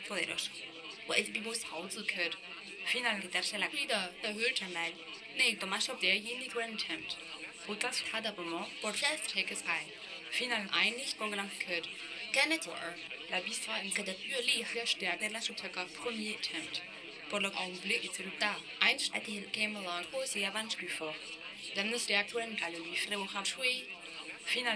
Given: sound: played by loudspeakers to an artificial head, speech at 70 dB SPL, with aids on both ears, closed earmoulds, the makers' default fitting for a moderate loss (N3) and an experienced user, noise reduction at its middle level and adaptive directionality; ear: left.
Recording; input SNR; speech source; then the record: speech test signal (ISTS) in cocktail-party noise; +9 dB; in front (0 degrees)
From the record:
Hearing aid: class 2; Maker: C